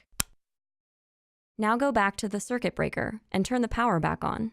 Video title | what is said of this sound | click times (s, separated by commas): Nest Thermostat 3rd gen PHONE APP ! best quality /price ! | connect the display hold it so the nest logo is at the top push it on to the base until you hear it click | 0.2 s